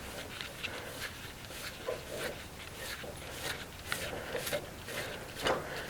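A green propane cylinder is twisted against the regulator inlet of a Coleman 1900 Collection 3-in-1 stove, and light scraping and metal ticks are heard, with sharper taps at about 0.4 s and 3.9 s. The threads do not catch, so nothing has seated or clicked yet.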